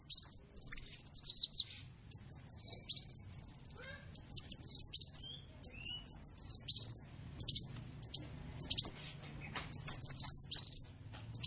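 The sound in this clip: Bird song, very high-pitched and varied, with looping whistled notes and quick trills delivered in short bursts separated by brief pauses; a faint low hum underneath.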